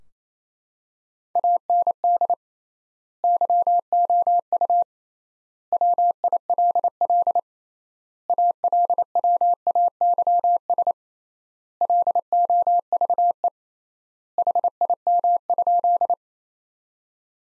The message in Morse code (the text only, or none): AND YOU WILL ALWAYS LOVE HIM?